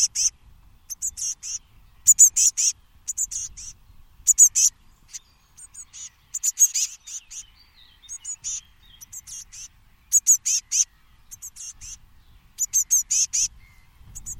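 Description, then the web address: Bird giving high, sharp chirps in short rapid groups, separated by quiet gaps, with faint low noise behind. "birddata Bird Only"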